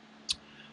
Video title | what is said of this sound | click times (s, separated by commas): R53 Project Updates | so we stole the connectors off that and joined them up so it's just a nice simple click in place | 0.3 s